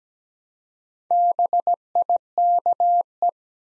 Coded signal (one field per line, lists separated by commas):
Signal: Morse code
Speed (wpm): 17 wpm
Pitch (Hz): 700 Hz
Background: none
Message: BIKE